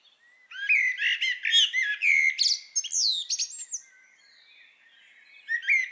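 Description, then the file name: Common blackbird pouring out a long warbled phrase of mellow whistles and high, scratchy twittering for about three seconds, then a quieter pause before another phrase begins. "Turdus merula"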